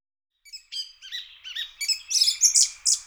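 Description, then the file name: Song Thrush song, a short run of clear high whistled and chirping notes that grows louder and sharper toward the end, on a quiet background. "turdus philomelos"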